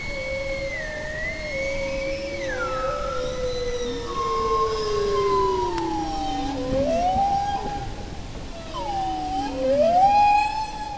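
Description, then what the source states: Bowhead whale song: long, wavering moans that slide slowly down, overlapping higher tones and rising upsweeps near the end, over a steady background hiss. Bowheads sing long songs, like humpback whales; longest-lived mammals, some living more than 200 years.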